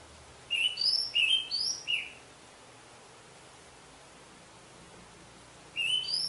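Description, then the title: Orange-headed thrush singing a short string of clear, slurred whistles, rising and falling, followed by silence and a renewed phrase at the end. "Anis Merah"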